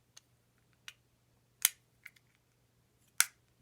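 The cover of a rebuilt 1947 GMC Delco Remy defroster switch is worked into its hole in the switch body, giving a few light ticks and taps over a faint steady low hum. A louder snap comes at 1.7 s. The cover is then pushed home and seats with a sharp click at 3.2 s.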